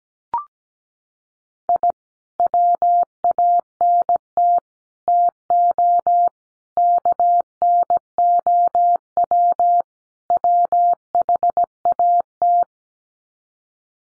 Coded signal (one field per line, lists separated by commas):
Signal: Morse code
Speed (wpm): 17 wpm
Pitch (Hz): 700 Hz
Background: none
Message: I WANT TO KNOW WHAT